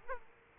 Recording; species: mosquito wingbeat signal from an infrared sensor; Aedes aegypti